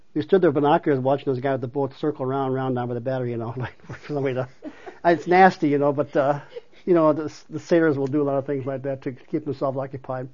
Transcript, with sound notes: We stood there with binoculars and watch this guy with the boat circle around, 'round, not with a battery, you know. I'm like, no way to. (both laugh) It's nasty you know, but, you know, th-the sailors will do a lot of things like that to keep themselves occupied.